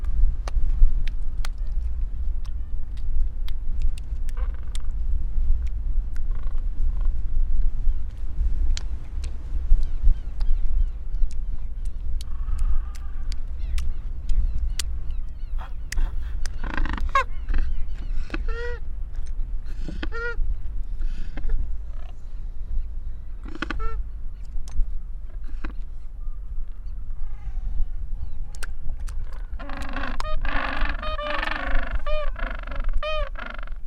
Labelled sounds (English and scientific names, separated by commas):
Gentoo Penguin (Pygoscelis papua) call